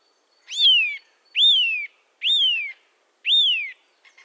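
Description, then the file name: Eurasian nuthatch calling with loud whistled notes that rise briefly then slide downward, four notes about one per second. "Sitta europaea"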